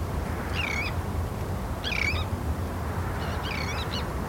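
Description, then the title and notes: Tern calls, three harsh rasping cries against a constant hiss of rain. Terns calling at RSPB Hodbarrow nature reserve, Cumbria, heard from a wooden bird hide in autumn rain. "Sound Escape 32: listening to cries of terns from a bird hide at Hodbarrow, Cumbria. Shelter from autumn rain in a wooden bird hide and listen to the exotic cries of terns at RSPB Hodbarrow nature reserve in Cumbria. Recorded by Martin Maudsley"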